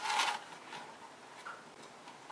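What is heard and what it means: An aftermarket car stereo head unit is slid into the metal mounting sleeve of the dash kit on a 2005–2011 Toyota Tacoma. A brief rustling scrape opens the clip, followed by quieter rubbing and light handling noises, with small scuffs near 1.5 and 2.3 seconds. Nothing has seated or clicked yet; the spring clips have not locked.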